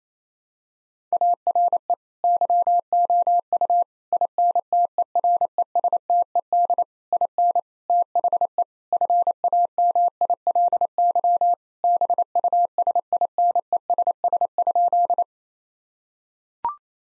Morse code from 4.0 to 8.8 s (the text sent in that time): INTERESTED IN THE